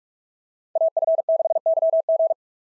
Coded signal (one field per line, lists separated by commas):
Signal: Morse code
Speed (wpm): 42 wpm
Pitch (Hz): 660 Hz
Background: none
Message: AF6YG